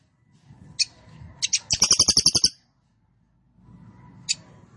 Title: Cililin AMPUH 4. Cililin Trorol Konslet Gacor Banget